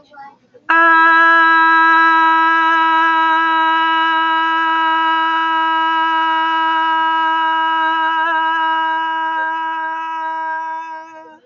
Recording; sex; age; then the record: vowel held as long as possible; female; 30 to 39 years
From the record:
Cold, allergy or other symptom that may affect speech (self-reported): no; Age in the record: 37 years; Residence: New York, United States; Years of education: 13